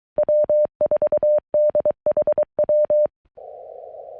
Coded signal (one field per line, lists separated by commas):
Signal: Morse code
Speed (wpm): 23 wpm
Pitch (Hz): 590 Hz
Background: none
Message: W4DHW